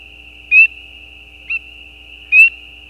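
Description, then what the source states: Spring peeper mating call: two clear rising peeps about two seconds apart, with a fainter short note between, over a continuous high chorus drone. Mating calls, calls individual with gaps; recorded at the side of a gravel road at night.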